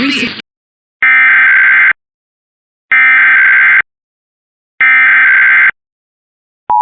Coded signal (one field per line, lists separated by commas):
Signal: Emergency Alert System (SAME) tones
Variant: header bursts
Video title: Connecticut and Pennsylvania Monthly (EAS #610-618) 8/14/24